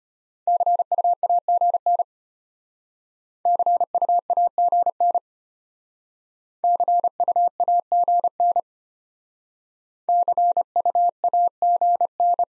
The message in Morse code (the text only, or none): CUAGN CUAGN CUAGN CUAGN